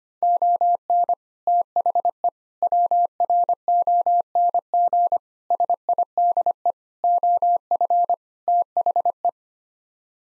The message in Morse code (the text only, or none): ON THE WRONG SIDE OF THE